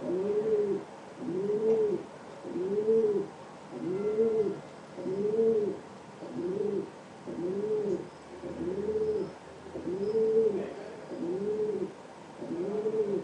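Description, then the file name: Rock dove cooing, soft low rounded coos repeated steadily, roughly one every second and a quarter, in a continuous series. "chant pigeon biset"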